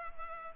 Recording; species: mosquito wingbeat signal from an infrared sensor; Culex pipiens